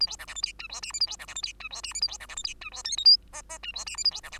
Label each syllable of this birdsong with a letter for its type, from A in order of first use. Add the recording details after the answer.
A B C D E F G H I J A B C D E F G H I J A B C D E F G H K L M N N G H I J A B C D. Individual Bird2